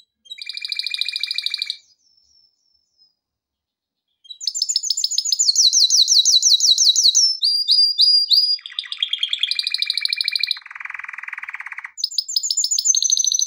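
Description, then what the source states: Canary song, a buzzy trill, a pause, then a long series of varied rolls, whistled slurs and a low rattling tour before the trilling resumes. Intended for training canaries.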